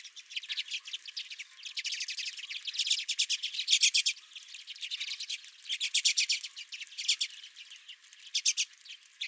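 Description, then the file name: Redpolls keep up a steady chattering of quick, dry notes in bursts. Redpolls at the recordist's own feeder. "Redpolls at My Feeder"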